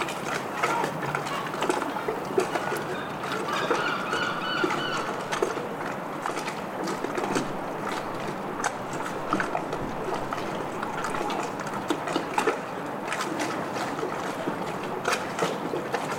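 Stormy harbour ambience in Bristol: a dense, steady wash of wind and water noise fills the whole clip with little change in level. Frequent short clatters and knocks, like rigging or moored boats shifting, break through throughout, with a faint tonal whine around four seconds.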